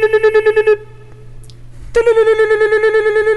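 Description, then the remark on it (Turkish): Rapid, buzzy electronic beeps from a mobile phone keypad pulse steadily during a game of Snake, break off into near-silence for about a second, then resume at the same brisk rhythm. “Telefon da çalmıyor. Sadece yılan oyunumdaki rekor denemem bozuluyor.”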